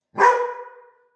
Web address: dog-bark-1